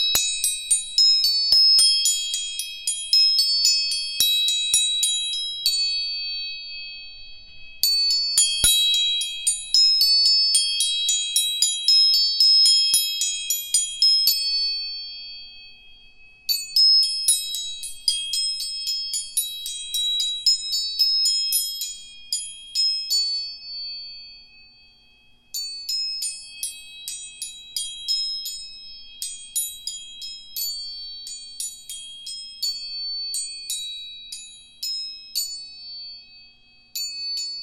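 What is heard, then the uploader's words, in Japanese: Tuning forks ring out in four bursts of rapid, bright strikes, each batch fading away before the next, over a steady high tone. 音叉チューニング全体性。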